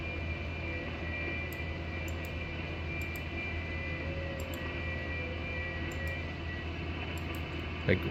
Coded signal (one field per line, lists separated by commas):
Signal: FT8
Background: speech